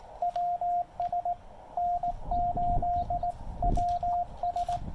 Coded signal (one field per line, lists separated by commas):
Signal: Morse code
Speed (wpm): 17 wpm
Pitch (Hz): 700 Hz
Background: radio noise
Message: WS N8WS